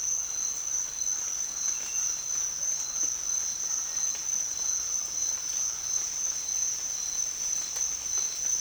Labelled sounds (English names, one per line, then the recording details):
none
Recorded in dense forest near Puerto Asís, Putumayo, Colombia, on 24 March 2025 at 07:00
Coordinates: 0.499, -76.324
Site GP03